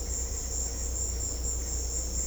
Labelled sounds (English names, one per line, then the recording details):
none
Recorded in secondary vegetation near Puerto Asís, Putumayo, Colombia, on 16 December 2024 at 15:30
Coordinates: 0.500, -76.326
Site G065